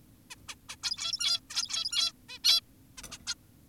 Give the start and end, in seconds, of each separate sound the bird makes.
0.31-0.36, 0.48-0.55, 0.69-0.76, 0.83-1.40, 1.50-2.12, 2.29-2.39, 2.44-2.61, 2.98-3.02, 3.12-3.18, 3.27-3.34